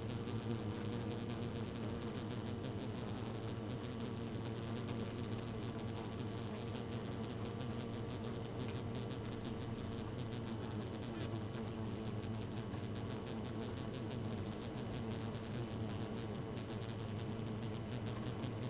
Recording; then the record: honeybee colony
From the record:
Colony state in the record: active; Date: 12 June 2018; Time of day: 1:15